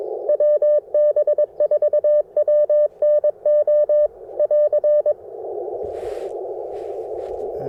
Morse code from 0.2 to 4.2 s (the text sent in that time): WB4WNO